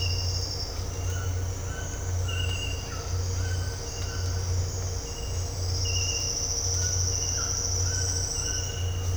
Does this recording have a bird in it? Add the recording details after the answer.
no. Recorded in dense forest near Puerto Asís, Putumayo, Colombia, on 8 March 2025 at 08:00. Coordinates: 0.468, -76.322. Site GP01